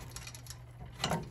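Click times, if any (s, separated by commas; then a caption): 1.0 s. A seized locking pin on the steel pedal-crank assembly of a 1910–14 Flanders motorcycle is worked with small taps, with a faint tap near 0.2 s. A sharp, louder hit at 1.0 s frees the pin, which comes off for the first time in over 110 years.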